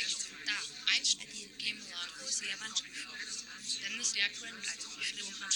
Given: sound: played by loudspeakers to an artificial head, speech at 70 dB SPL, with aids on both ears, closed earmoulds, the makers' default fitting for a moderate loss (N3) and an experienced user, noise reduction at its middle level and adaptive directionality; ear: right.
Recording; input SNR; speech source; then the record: speech test signal (ISTS) in cocktail-party noise; -6 dB; on the right (90 degrees)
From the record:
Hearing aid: class 1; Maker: J